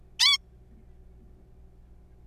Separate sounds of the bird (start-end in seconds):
0.20-0.38